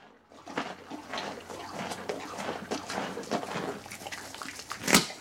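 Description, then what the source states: Horse chewing, soft continuous crunching bites, ending with a single sharp clack. Eating.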